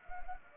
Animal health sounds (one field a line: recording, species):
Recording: mosquito wingbeat signal from an infrared sensor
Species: Anopheles arabiensis